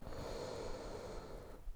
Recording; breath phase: one breath near a microphone; inhalation